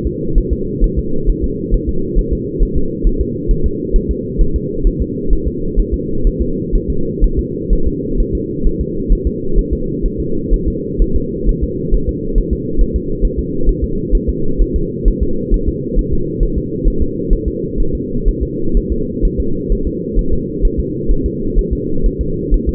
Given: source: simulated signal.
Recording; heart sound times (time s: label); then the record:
fetal heart sounds
0.07 s: S2
0.38 s: S1
0.53 s: S2
0.84 s: S1
0.99 s: S2
1.29 s: S1
1.44 s: S2
1.74 s: S1
1.89 s: S2
2.19 s: S1
2.33 s: S2
2.63 s: S1
2.77 s: S2
3.07 s: S1
3.21 s: S2
3.51 s: S1
3.66 s: S2
3.96 s: S1
4.11 s: S2
4.41 s: S1
4.56 s: S2
4.87 s: S1
5.02 s: S2
5.33 s: S1
5.47 s: S2
5.79 s: S1
5.94 s: S2
6.27 s: S1
6.42 s: S2
6.75 s: S1
6.90 s: S2
7.24 s: S1
7.39 s: S2
7.73 s: S1
7.88 s: S2
8.20 s: S1
8.35 s: S2
8.67 s: S1
8.81 s: S2
9.12 s: S1
9.27 s: S2
9.58 s: S1
9.73 s: S2
10.06 s: S1
10.20 s: S2
10.53 s: S1
10.68 s: S2
11.02 s: S1
11.16 s: S2
11.49 s: S1
11.63 s: S2
11.94 s: S1
12.09 s: S2
12.38 s: S1
12.53 s: S2
12.81 s: S1
12.96 s: S2
13.25 s: S1
13.39 s: S2
13.69 s: S1
13.84 s: S2
14.15 s: S1
14.29 s: S2
14.61 s: S1
14.76 s: S2
15.08 s: S1
15.23 s: S2
15.54 s: S1
15.68 s: S2
15.99 s: S1
16.13 s: S2
16.43 s: S1
16.58 s: S2
16.88 s: S1
17.02 s: S2
17.33 s: S1
17.48 s: S2
17.80 s: S1
17.95 s: S2
18.28 s: S1
18.43 s: S2
18.77 s: S1
18.92 s: S2
19.25 s: S1
19.40 s: S2
19.72 s: S1
19.87 s: S2
20.19 s: S1
20.33 s: S2
20.65 s: S1
20.79 s: S2
21.11 s: S1
21.26 s: S2
21.58 s: S1
21.73 s: S2
22.06 s: S1
22.21 s: S2
22.54 s: S1
22.69 s: S2
From the record:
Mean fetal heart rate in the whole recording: 130 bpm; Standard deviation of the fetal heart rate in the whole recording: 4 bpm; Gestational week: 38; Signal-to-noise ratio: -8.1 dB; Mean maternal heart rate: 72 bpm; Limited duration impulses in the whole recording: absent